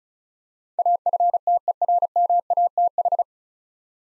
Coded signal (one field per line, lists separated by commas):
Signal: Morse code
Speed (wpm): 36 wpm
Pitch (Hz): 700 Hz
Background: none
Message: AFTERMATH